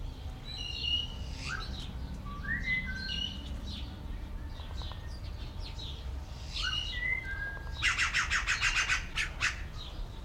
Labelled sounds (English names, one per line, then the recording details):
Southern Screamer call
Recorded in captivity
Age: adult
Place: Zoo Berlin, Berlin, DE
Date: 1994-06-25 12:09
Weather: sonnig, 18-25°C, Wind
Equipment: Marantz CP 430, Sennheiser ME 80, Kopie Uher Variocord 263
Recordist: Tembrock, Günter